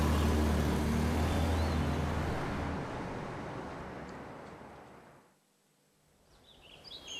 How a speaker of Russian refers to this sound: Бандиты вместе с Геной садятся в машину и уезжают.